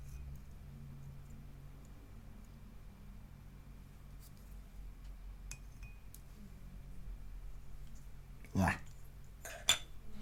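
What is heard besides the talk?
sipping coffee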